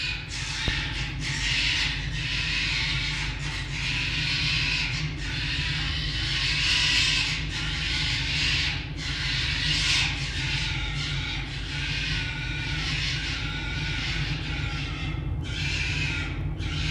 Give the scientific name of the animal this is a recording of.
Vulpes vulpes